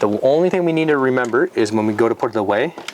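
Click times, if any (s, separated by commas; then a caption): none. Someone talks while a swivel TV arm in a Winnebago Travato 59KL Pure3 lithium-powered RV is handled before being pushed back to the wall. Nothing has seated yet; the TV mount latch has not clicked home by the end of the clip.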